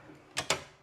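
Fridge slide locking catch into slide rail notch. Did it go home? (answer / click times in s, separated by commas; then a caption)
yes / 0.5 s. A three-position steel fridge slide in a truck bed is pushed in, and its locking catch drops into the next notch on the slide rail. A lighter mechanical knock at 0.4 s is followed by a sharper, louder click at 0.5 s as the catch engages. The slide locks positively into the detent notch.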